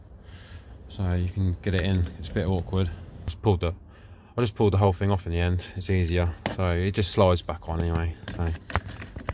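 A wiper stalk is slid back onto the steering column of a Vauxhall Vivaro, Renault Trafic or Nissan Primastar van while someone talks throughout. A few brief, sharp handling sounds come near the end, around 9.0 to 9.3 seconds. The stalk has not yet clipped into the column, so nothing has seated or clicked yet.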